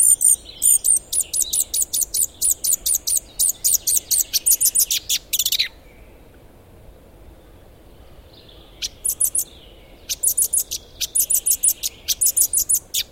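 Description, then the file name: Eurasian blackcap uttering long fast series of dry clicking tac notes, stopping for about three seconds, then resuming in rapid runs. "Sylvia atricapilla"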